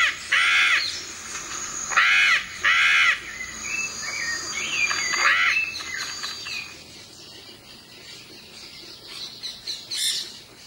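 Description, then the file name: Yellow-collared macaw giving loud, harsh screeches, three strong ones in the first three seconds, then shorter rasping notes that fade out. "canto da maracana de colar"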